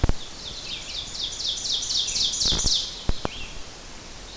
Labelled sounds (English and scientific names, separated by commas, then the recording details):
Ovenbird (Seiurus aurocapilla) song
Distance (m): 25 m
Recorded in boreal forest in Alberta, Canada, on 12 June 2016 at 05:45
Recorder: SongMeter 3, array SBT-3-18
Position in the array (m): 209 m, 83 m
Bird 31